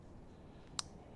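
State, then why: Seated. A piece of a crimping clamp is pushed into its slot in the clamp body. A single sharp click is heard at 0.8 seconds over a low background hum. The piece is confirmed clicked in and seated.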